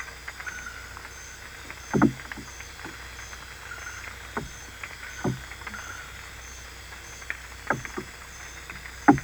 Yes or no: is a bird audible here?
no